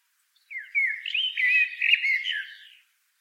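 Common blackbird singing one continuous fluty, warbling phrase of rapidly varied whistled notes for about two seconds, ending in softer twittering.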